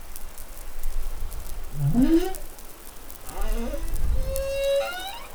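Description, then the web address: Humpback whale song units: a rising wavering moan, a lower wobbling call, then a steady tonal whistle with harmonics, amid constant underwater crackle. Recorded off New Caledonia in the Pacific on 20 July 2013. "SOUNDLIB MEDsea Arctiqueet Pacific Baleinea Bosse Nouvelle Caledonie 20130720"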